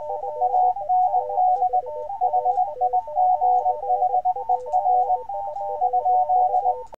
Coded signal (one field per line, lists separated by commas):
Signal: Morse code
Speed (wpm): 20 wpm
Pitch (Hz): 740 Hz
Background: music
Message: AND HIGHER ?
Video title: Homebrew CW Morse Code accessory gear - 2nd test of a CW AUDIO BANDPASS|resonant SPEAKER design